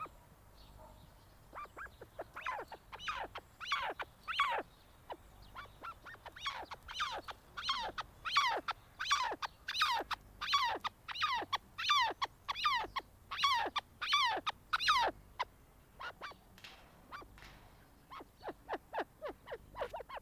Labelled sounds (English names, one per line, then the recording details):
Arabian Partridge call
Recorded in captivity
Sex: male
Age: adult
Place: Tierpark Berlin, Berlin, DE
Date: 1998-03-28 10:27
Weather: bedeckt, ca. 10°C
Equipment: Nagra SN, Kopie Uher 4000 Report Monitor
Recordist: Tembrock, Günter